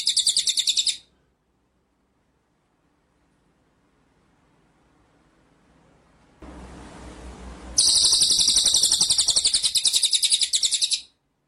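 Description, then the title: White-rumped shama song: a brief high rattling trill, then a long silence, a rise of hiss, and a longer run of rapid pulsed notes. Masteran training track; full song in the style called ngerol nembak. "Masteran Murai Batu Full Ngerol Nembak"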